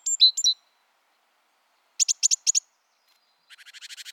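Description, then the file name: Great tit calls: a few thin high notes, a pause, several quick sharp notes, then a dry buzzy chatter of repeated notes. "Parus major"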